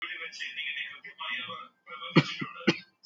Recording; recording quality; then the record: heavy voluntary cough; poor, much background noise or distortion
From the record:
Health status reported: healthy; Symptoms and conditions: none ticked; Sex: male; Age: 27 years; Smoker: not ticked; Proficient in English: yes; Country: India